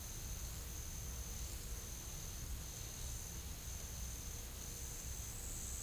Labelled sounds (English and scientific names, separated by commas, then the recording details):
none
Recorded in pastures near Puerto Asís, Putumayo, Colombia, on 21 December 2024 at 12:00
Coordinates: 0.487, -76.322
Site GP09